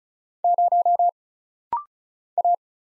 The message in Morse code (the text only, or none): 0 A